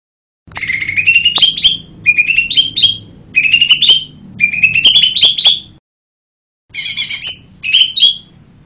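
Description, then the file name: Lesser green leafbird repeating a rising whistled phrase several times, each ending in sharp notes, then after a pause a harsh buzz and a whistle. "cucak hijau mini. omkicau"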